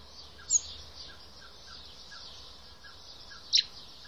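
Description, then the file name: Common blackbird high thin call notes, one early and one three seconds later, with soft repeated chips and steady background hiss between them. "Turdus merula"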